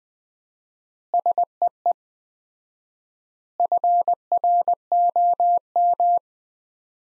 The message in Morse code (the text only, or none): SEE FROM